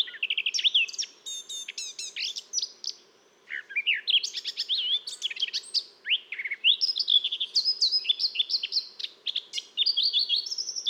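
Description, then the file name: Eurasian blackcap song: nearly continuous, tumbling warbles of quick high notes with a few brief pauses, in varied phrases. "Sylvia atricapilla"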